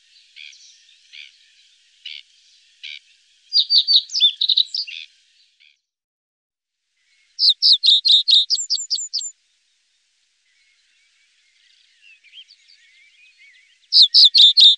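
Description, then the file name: Common reed bunting singing brief phrases of quick, repeated high notes, three bursts spaced several seconds apart, with faint chirps between them. "Savsparv"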